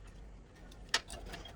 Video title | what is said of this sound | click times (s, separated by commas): 关于电脑装机 理线的经验Experience Sharing on Cable Management for Desktop Computer Assembly | 往这儿卡上去，做的挺好。 | 0.9 s